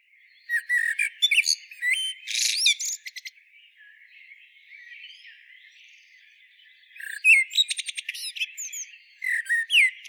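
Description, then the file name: Eurasian blackbird song: two bursts of high, squeaky twittering notes, one early and one near the end, with a quieter gap between. "Turdus merula"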